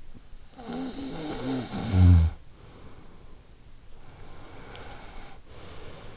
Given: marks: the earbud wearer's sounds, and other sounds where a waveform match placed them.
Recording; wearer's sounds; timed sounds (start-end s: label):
sounds in sleep by an in-ear microphone; snoring breath, breath
0.31-3.98 s: snoring breath
4.09-6.17 s: breath